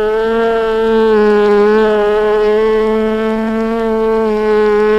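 European honey bee giving a continuous, steady low buzz that holds an even pitch throughout, with only slight swells in loudness.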